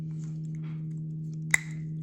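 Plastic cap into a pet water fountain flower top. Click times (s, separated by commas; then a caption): 1.5 s. A plastic cap is pushed into the flower top of a Catit Flower Fountain Mini pet water fountain, with the flower taken out so the cap can be clicked in. Over a steady low hum and a few faint small taps, one sharp, bright click sounds at 1.5 seconds. The cap seats in place.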